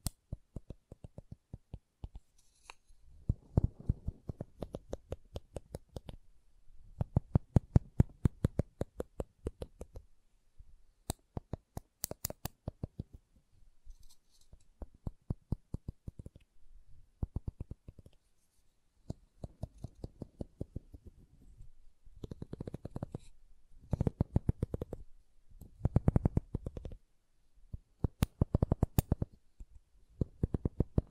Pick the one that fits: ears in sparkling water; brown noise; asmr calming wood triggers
asmr calming wood triggers